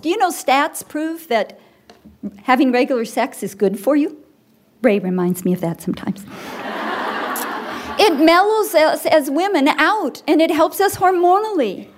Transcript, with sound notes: Do you know stats prove that having regular sex is good for you? Ray reminds me of that sometimes. (laughter) It mellows us as women out and it helps us hormonally.